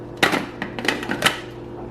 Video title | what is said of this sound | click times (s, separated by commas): Kelitos 5 piece Blender review | lock the lid into place just twist it clockwise and then it clicks in | 0.2 s